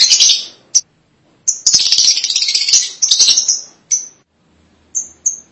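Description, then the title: Lovebird chirping: shrill, rapid high chirps in dense bursts, broken by short pauses, with a few separate sharp squeaks near the end. "BM Suara Burung Lovebird"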